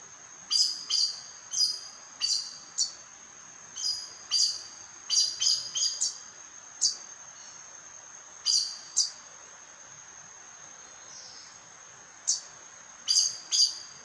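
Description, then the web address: Aracari calls: sharp, high squeaky notes given singly and in quick pairs or triplets at irregular intervals over steady background hiss. "sound Aracari. صدای-پرنده-پرزبان"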